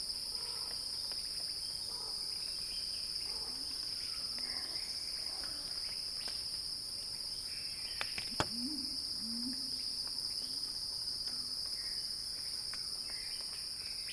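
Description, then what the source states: Cicadas buzzing in a steady, dense high-pitched drone, with faint clicks and a brief low chirping sound partway through. Cicada crescendo; recorded by Axel Drioli for earth.fm.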